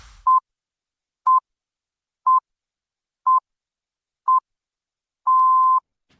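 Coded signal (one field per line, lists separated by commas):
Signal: radio time signal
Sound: five short 1 kHz beeps at one-second intervals, then one longer beep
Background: brief radio audio before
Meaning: The start of the final long pip marks the full hour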